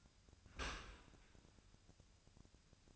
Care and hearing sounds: daily activity, microphone in the room; open dishwasher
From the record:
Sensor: 2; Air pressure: 1003.0 hPa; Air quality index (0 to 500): 199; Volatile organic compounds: 6 ppm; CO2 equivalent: 1892 ppm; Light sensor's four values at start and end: 14/35/15/16 and 15/35/15/16

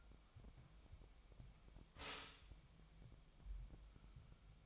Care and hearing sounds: daily activity, microphone in the room; stop toaster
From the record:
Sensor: 1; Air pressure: 1002.0 hPa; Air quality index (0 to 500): 238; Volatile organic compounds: 43 ppm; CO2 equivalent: 3191 ppm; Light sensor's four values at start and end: 10/35/12/14 and 10/35/12/14

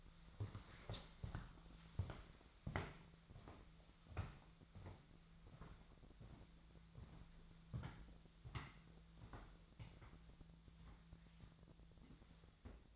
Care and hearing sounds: daily activity, microphone in the room; walk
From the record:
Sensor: 3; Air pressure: 1008.3 hPa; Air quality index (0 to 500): 191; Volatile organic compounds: 14 ppm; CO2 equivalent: 2460 ppm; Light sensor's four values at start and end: 16/38/16/16 and 16/37/16/16

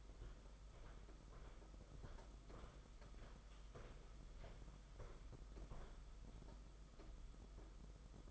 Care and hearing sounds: daily activity, microphone in the room; walk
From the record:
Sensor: 5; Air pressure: 991.8 hPa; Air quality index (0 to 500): 153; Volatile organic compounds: 213 ppm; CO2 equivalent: 4255 ppm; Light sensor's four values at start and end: 32/108/40/43 and 31/106/39/42

